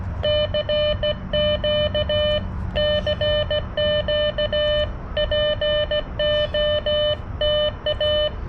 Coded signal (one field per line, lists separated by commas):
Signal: Morse code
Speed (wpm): 17 wpm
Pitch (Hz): 600 Hz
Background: none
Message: CQ CQ POTA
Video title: CW POTA with the Xiegu X6200 and Palm Radio Portable Key